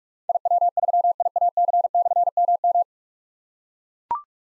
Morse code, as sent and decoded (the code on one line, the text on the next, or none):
.. .-- ...-- .. .- -.-. -..-. -- --
IW3IAC/MM